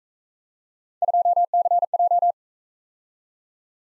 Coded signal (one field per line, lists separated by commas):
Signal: Morse code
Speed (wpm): 43 wpm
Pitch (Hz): 700 Hz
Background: none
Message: 2CJ